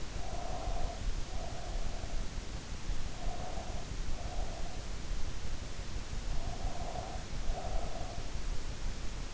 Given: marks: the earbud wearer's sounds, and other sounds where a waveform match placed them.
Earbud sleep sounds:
sounds in sleep by an in-ear microphone; breath
0.00-2.26 s: breath
3.05-5.01 s: breath
6.25-8.41 s: breath

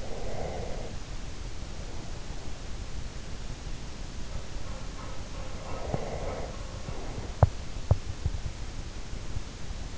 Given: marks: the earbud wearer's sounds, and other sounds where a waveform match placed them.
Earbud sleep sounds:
sounds in sleep by an in-ear microphone; breath
0.00-0.93 s: breath
4.21-9.64 s: sound from someone else or the room

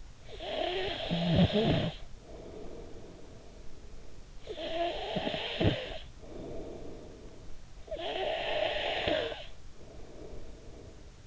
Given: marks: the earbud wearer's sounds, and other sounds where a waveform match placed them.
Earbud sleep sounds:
sounds in sleep by an in-ear microphone; snoring breath
0.00-3.98 s: snoring breath
4.24-7.58 s: snoring breath
7.81-11.27 s: snoring breath

